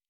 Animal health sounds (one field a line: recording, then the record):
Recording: hydrophone in a shrimp aquaculture tank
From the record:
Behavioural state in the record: normal